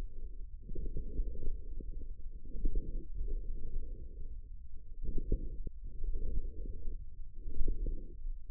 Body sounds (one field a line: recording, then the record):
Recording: forearm muscle sounds (acoustic myography)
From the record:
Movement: forearm supination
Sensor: system 1, eight BSWA MPA416 microphones around the upper forearm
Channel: 6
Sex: male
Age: 54 years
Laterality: right